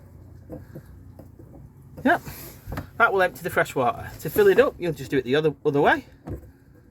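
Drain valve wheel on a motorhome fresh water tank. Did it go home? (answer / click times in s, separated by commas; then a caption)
no / none. Someone talks while handling the drain valve wheel on the fresh water tank of a 2016 Hobby Optima Deluxe T65 motorhome, turning it to empty or fill the tank. A few faint handling taps come early in the clip, around 1.2 and 1.6 seconds. The valve has not yet clicked into its travel position, and nothing has seated by the end.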